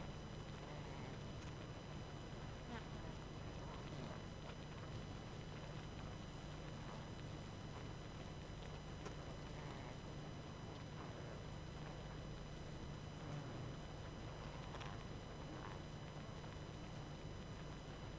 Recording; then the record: honeybee colony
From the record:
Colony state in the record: active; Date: 12 June 2018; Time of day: 20:43